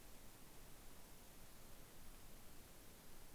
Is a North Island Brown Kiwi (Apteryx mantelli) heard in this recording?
no